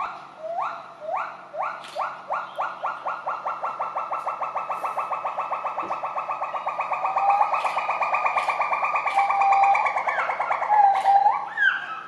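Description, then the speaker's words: Pileated gibbon duet: a series of rapid rising notes that speeds up into a fast bubbling trill, growing louder, with a few smooth whistles over it toward the end. A mated pair singing a duet; the female was injured, kept in a rehabilitation center, and found a wild mate while recovering; duets accompany long-lasting pair bonds. "Here's a pair of pileated gibbons singing together."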